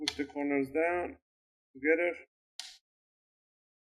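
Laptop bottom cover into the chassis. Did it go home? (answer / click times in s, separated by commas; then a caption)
yes / 2.6 s. Someone talks while pressing a corner of the plastic bottom cover of a Dell 15 laptop down into the chassis. A short, sharp click at 2.6 s is the cover's clip snapping into place, and the cover is seated.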